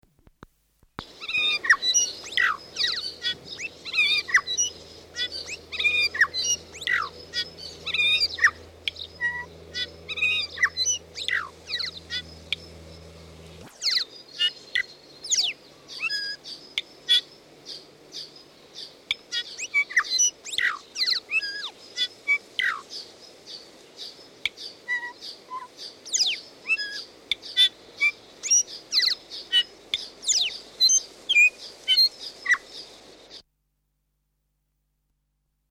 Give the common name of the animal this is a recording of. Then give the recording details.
New Zealand Bellbird. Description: Bellbird/korimako adult male. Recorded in New Zealand